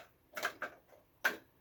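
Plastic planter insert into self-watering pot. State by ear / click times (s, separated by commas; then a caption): seated / 1.3 s. A plastic inner pot, the insert of a self-watering planter, is pressed into its outer pot, with a few light plastic clicks around 0.4 and 0.6 seconds. A sharp, louder snap at 1.3 seconds marks the insert popping firmly into place.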